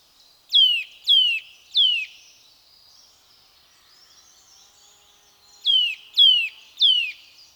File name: Sitta europaea